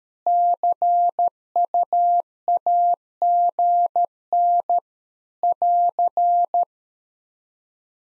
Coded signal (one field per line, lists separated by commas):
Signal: Morse code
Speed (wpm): 13 wpm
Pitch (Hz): 700 Hz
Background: none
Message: CUAGN <AR>